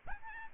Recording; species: mosquito wingbeat signal from an infrared sensor; Aedes albopictus